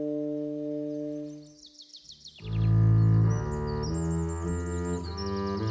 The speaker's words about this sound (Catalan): I per altres, és la pau del cant dels ocells.